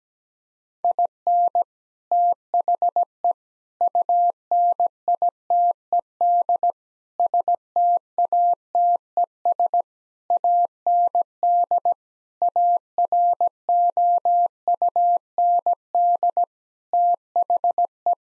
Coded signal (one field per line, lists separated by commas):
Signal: Morse code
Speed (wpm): 17 wpm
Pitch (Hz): 700 Hz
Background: none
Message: IN THE UNITED STATES AND AROUND THE